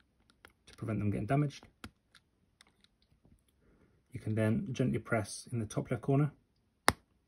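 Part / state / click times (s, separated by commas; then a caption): laptop keycap on butterfly key mechanism / seated / 6.9 s. Someone talks while a plastic keycap is fitted onto the butterfly key mechanism of a 2016–2018 MacBook Pro A1706, A1707 or A1708 laptop, its bottom hooks engaged first and then its top left corner gently pressed down. A few faint ticks fall between the phrases, then a sharp click at 6.9 s marks the top left corner snapping into place, seating the keycap.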